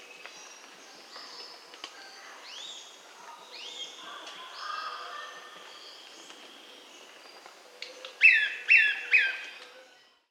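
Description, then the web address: Brownish flycatcher calls: three loud, quick notes near the end, after a chorus of other birds giving whistled and sliding notes. Bolivia. "Birds of the Amazon 3. Brownish Flycatcher (Cnipodectes subbrunneus), Bolivia"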